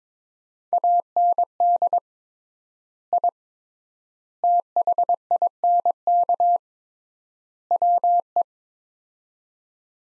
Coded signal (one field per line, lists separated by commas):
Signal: Morse code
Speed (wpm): 22 wpm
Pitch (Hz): 700 Hz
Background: none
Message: AND I THINK WE